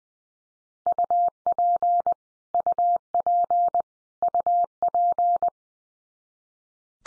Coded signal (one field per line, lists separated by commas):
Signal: Morse code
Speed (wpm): 20 wpm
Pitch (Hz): 700 Hz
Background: none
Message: UP UP UP